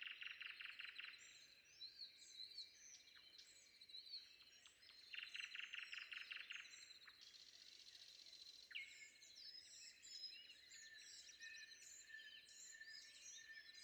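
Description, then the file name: Common nightingale song, fast repeated note trains lasting a second or two, then chattering and whistled phrases. Recorded before dawn. "predawn nightingale"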